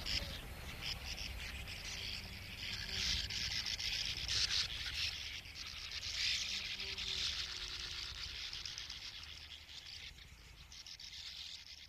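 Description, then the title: Sand Martin calls, soft rasping chatter in irregular bursts that fades toward the end, with faint low tones and a dull rumble underneath. "Viikon luontoääni: Törmäpääsky"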